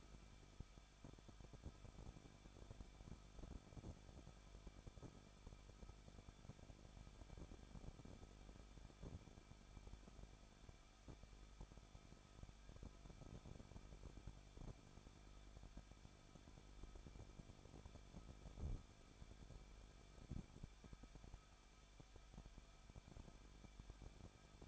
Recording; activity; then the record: daily activity, microphone in the room; no activity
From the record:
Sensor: 5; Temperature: 20.8 degrees Celsius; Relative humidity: 38.2%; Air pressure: 1006.6 hPa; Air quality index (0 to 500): 185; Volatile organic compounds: 17 ppm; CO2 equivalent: 2590 ppm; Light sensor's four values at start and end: 2/3/1/1 and 2/3/1/1